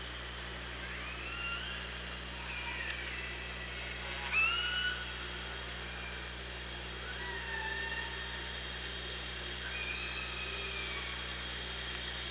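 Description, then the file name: Orca calls: a series of faint rising and falling calls scattered through, with one sharper upswept call midway, over steady underwater hiss and hum. OrcaLab hydrophone, 24 August 2017, at about 07:56. "Orca Lab UTLN JASON 20170824 075621"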